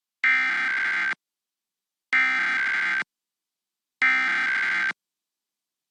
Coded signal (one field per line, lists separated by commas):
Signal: Emergency Alert System (SAME) tones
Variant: header bursts